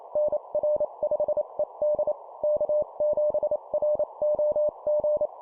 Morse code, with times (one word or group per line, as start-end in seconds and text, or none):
0.2-2.1 NR5ED
2.4-5.3 K7ROG